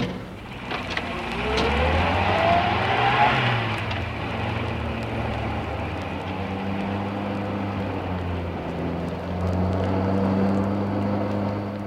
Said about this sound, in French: Oh, on dirait une voiture derrière nous. J'aime pas ça.